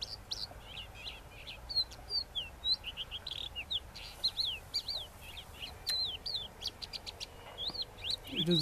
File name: Crested lark alok